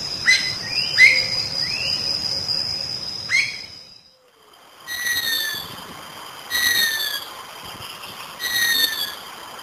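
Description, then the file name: Lorikeet calls: sharp squeaky chips at first, then after a pause three falling shrill screeches. "Лори -Лорикет -Попугай -Голоса-птиц"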